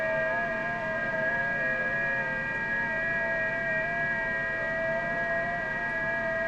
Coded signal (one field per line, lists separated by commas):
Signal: FT8